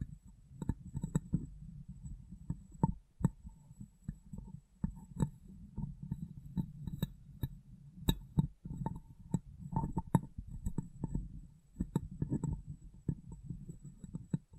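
Glass brain tapping and cleaning: frequent sharp ticks and taps over a low, uneven rubbing murmur, with a faint steady high whine throughout.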